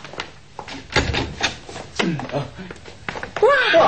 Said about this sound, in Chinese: 喂，未收银噶吓，嗰啲银仲喺出边噶，唔得，等我开门攞咗先。